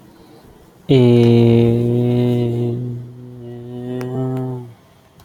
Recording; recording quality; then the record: sustained vowel as in made; excellent, no background noise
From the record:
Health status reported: healthy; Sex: male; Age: 25 years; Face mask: not worn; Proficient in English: yes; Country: India